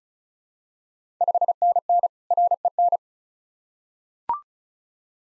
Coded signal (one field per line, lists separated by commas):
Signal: Morse code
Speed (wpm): 34 wpm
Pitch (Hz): 700 Hz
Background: none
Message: 5NN REN